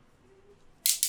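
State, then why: Not seated. A Rampuri folding knife, like the ones shown in films, is handled as its blade is brought toward its locking handle. A quiet stretch gives way to bright, rasping high-frequency bursts from about 0.9 s, with further sharp bursts near 1.0 s and 1.1 s. The blade has not yet seated or clicked into its lock.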